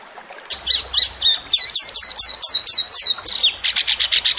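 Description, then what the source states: Zebra finch singing: scratchy notes, then a rapid run of bright descending whistles, ending in a burst of buzzy chips. Bird singing actively ('gacor'); a training recording (masteran) for songbirds.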